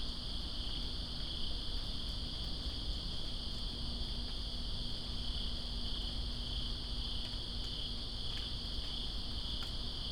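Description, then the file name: Crickets keep up an unbroken shrill trilling chorus while rain patters steadily underneath, scattered drops clicking throughout. Crickets calling during rain in Greensboro on 2 September 2017. "Greensboro Crickets And Rain-2017-09-02"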